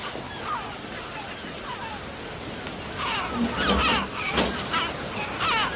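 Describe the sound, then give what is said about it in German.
Seagulls heard through an open window call in a string of shrill, wavering cries over a steady wash of surf-like noise, the calls growing louder and more frequent in the second half. “Schließen Sie das Fenster, Sebastian. Ich habe die Möwen nicht zu meiner Tauffeier eingeladen.”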